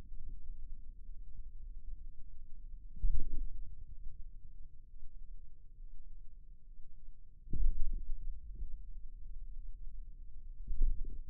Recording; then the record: forearm muscle sounds (acoustic myography)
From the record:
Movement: radial deviation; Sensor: system 2, bracelet of six BSWA MPA416 microphones around the upper forearm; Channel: 6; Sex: male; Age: 22 years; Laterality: right